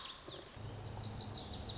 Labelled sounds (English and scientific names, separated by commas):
Lazuli Bunting (Passerina amoena)